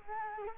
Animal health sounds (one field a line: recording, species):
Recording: mosquito wingbeat signal from an infrared sensor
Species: Culex quinquefasciatus